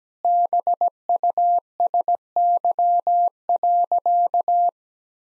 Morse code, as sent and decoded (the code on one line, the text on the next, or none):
-... ..- ... -.-- .-.-.-
BUSY.